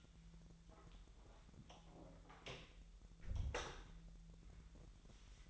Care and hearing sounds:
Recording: daily activity, microphone in the room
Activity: close door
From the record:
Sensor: 3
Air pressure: 1001.4 hPa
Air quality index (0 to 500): 249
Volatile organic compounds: 152 ppm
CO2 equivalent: 4033 ppm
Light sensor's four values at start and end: 13/31/13/13 and 13/30/13/12

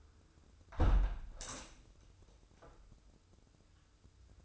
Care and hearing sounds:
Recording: daily activity, microphone in the room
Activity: close window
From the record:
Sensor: 2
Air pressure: 995.6 hPa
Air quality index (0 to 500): 92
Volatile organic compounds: 4 ppm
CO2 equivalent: 1692 ppm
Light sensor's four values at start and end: 24/77/31/29 and 24/76/30/29

